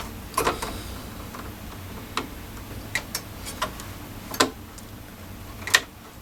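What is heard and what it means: A small plastic cable connector is lined up on a motherboard's header pins and pushed down with needle-nose pliers, giving a series of faint ticks and taps against a low background hiss. A sharp, bright click at 5.7 s marks the connector popping into place, seated on the pins.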